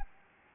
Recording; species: mosquito wingbeat signal from an infrared sensor; Anopheles gambiae